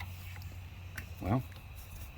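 A fitting or knob on an air compressor is being handled and pushed back toward its place, with faint ticks and a brief sharper tick near 1.0 s over a steady low hum. Someone talks briefly. Nothing has seated or clicked yet.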